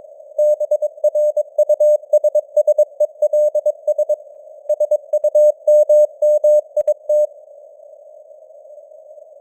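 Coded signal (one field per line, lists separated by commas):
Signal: Morse code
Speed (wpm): 22 wpm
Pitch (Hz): 600 Hz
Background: none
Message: BRUSSELS SUMMIT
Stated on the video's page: News headlines sent in Morse at 22 wpm with simulated radio noise and varying signal strength (QSB).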